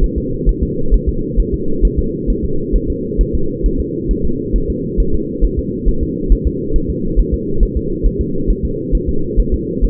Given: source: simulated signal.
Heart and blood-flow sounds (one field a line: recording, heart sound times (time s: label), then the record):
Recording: fetal heart sounds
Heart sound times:
0.04 s: S1
0.18 s: S2
0.49 s: S1
0.63 s: S2
0.94 s: S1
1.09 s: S2
1.40 s: S1
1.54 s: S2
1.85 s: S1
1.99 s: S2
2.30 s: S1
2.44 s: S2
2.76 s: S1
2.90 s: S2
3.21 s: S1
3.35 s: S2
3.66 s: S1
3.80 s: S2
4.11 s: S1
4.25 s: S2
4.56 s: S1
4.70 s: S2
5.00 s: S1
5.14 s: S2
5.44 s: S1
5.59 s: S2
5.88 s: S1
6.03 s: S2
6.32 s: S1
6.47 s: S2
6.76 s: S1
6.90 s: S2
7.19 s: S1
7.34 s: S2
7.63 s: S1
7.77 s: S2
8.06 s: S1
8.21 s: S2
8.50 s: S1
8.65 s: S2
8.95 s: S1
9.09 s: S2
9.39 s: S1
9.54 s: S2
9.85 s: S1
From the record:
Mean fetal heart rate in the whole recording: 135 bpm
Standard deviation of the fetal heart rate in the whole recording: 3 bpm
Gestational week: 36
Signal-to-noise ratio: -8.1 dB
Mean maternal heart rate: 72 bpm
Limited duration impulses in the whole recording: absent